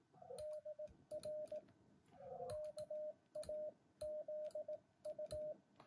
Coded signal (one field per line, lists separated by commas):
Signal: Morse code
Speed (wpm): 18 wpm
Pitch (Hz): 610 Hz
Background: radio noise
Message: DR KAZU